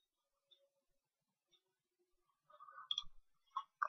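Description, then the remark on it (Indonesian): Soft, sparse keyboard clicks: a couple of isolated taps early on, then a quick cluster of keystrokes near the end, all fairly quiet with no voices. “Nah, dia udah ngetik, tinggal di enter.”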